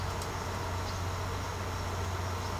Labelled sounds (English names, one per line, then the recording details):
none
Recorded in secondary vegetation near Puerto Asís, Putumayo, Colombia, on 21 March 2025 at 16:00
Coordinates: 0.468, -76.324
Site G059